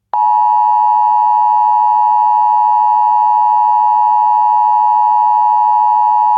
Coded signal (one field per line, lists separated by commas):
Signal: Emergency Alert System (SAME) tones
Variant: 853 and 960 Hz attention tone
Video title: EAS Alien Spacecrafts